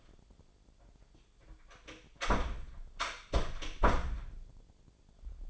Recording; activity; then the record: daily activity, microphone in the room; close door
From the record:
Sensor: 5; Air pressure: 1007.6 hPa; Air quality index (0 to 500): 152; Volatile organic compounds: 3 ppm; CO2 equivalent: 1466 ppm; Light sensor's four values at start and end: 57/161/62/63 and 58/163/63/63